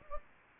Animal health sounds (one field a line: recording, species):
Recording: mosquito wingbeat signal from an infrared sensor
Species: Anopheles gambiae